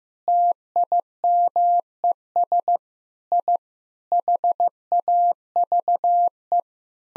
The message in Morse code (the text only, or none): TIMES I HAVE